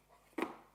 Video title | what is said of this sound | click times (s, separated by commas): Morning Coffee with the FELLOW ODE - HD Livestream | it just catches on it and pops into place so you can't really displace it like put it halfway and so on | 0.4 s